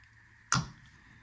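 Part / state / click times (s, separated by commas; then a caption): fuel line quick-connect fitting onto inline fuel filter / seated / 0.5 s. A fuel line quick-connect fitting is pushed onto a new inline fuel filter on a 1994-2005 Buick LeSabre. A single sharp click at 0.5 s is followed by a brief low rattle under a steady background hum. The fitting seats in place, and a pull on it then checks for a good tight seal.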